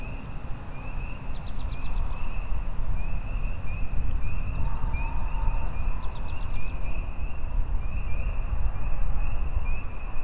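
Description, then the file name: Spring peepers chorusing, short rising peeps repeating steadily and overlapping, over a heavy, steady low rumble and faint high trills. Rural outdoor ambience. "freesound rural outside ambience with peeper frogs"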